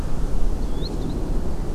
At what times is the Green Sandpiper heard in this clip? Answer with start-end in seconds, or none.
0.62-1.13